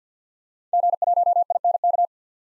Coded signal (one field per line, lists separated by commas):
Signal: Morse code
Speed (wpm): 50 wpm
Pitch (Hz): 700 Hz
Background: none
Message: G1INK